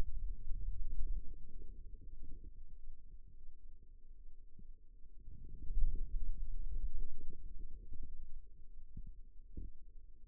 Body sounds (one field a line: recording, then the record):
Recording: forearm muscle sounds (acoustic myography)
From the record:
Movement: wrist flexion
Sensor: system 2, bracelet of six BSWA MPA416 microphones around the upper forearm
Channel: 3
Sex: male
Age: 22 years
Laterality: right